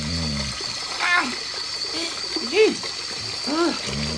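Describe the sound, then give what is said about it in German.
Tap water runs steadily into a basin with the plug put in, filled for washing laundry, with a constant hissing splash, while a few short, rising-and-falling voice sounds break in over the flow. “So, also jetzt mal zuerst Stopsel rein und dann Wasser laufen lassen.”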